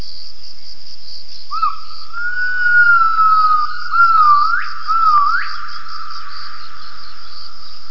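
Gibbon giving long, pure whistled notes that waver and dip, then two sharp upward swoops, over a steady high insect-like hum.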